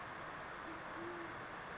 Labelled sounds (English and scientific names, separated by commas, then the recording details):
Band-tailed Pigeon (Patagioenas fasciata)
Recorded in Sonoma County, California